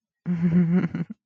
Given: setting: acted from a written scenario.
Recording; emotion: vocal sound without words; shame